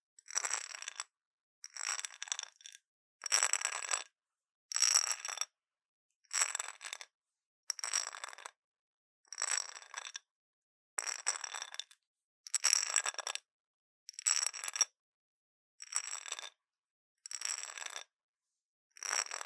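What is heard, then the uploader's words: Intense brain scratching comes in short, bright, crackly strokes, each about half a second long, repeating steadily every second and a half with silence between. Intense Brain Scratching. No Talking.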